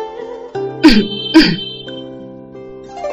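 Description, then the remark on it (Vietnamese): Two quick, dry throat-clearing coughs, harsh and breathy, sounding about half a second apart over a soft, steady musical tone in the background. “Gia Ảnh ho khan một tiếng”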